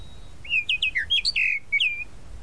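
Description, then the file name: Tropical mockingbird song: a brisk sequence of varied whistled notes, some rising and some falling. "Canto-do-Sabiá-da-Praia"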